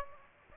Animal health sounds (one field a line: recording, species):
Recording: mosquito wingbeat signal from an infrared sensor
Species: Aedes aegypti